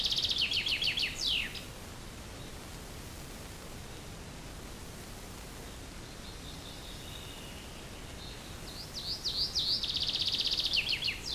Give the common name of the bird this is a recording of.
Common Chaffinch